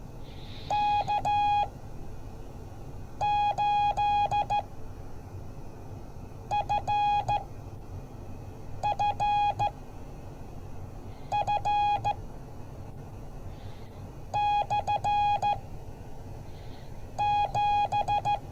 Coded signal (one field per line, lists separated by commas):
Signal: Morse code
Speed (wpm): 14 wpm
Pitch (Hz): 830 Hz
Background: none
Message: K8FFF/7